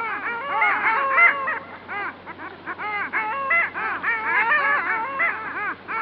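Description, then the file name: Long-tailed duck flock giving dense, overlapping yodelling nasal calls that rise and fall in pitch. "Digiffects Sound Effects Library - Long Tailed Duck"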